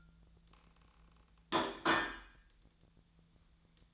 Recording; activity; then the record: daily activity, microphone in the room; place plate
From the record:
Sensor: 3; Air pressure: 1009.4 hPa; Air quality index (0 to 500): 198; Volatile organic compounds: 17 ppm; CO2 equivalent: 2570 ppm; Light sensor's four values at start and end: 34/84/36/38 and 34/83/36/38